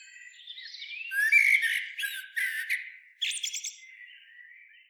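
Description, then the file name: Eurasian blackbird singing a mellow warbled phrase that breaks into squeaky, rattling high notes, followed after a pause by a second brief twittering burst and soft trailing notes. "Turdus merula"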